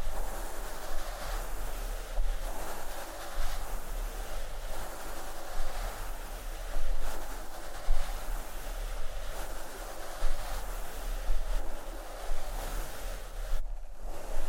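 Microphone scratching and brushing forms a dense, rustling wash with a low steady rumble and soft thumps recurring every second or two.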